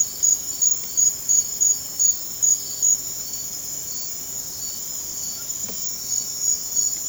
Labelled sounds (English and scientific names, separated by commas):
none